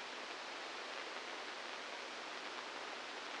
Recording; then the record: brain microelectrode recording played as sound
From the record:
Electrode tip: inside the subthalamic nucleus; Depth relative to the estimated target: -2 mm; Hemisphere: left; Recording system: NeuroSet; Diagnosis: Parkinson's disease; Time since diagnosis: 15 years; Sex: female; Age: 59 years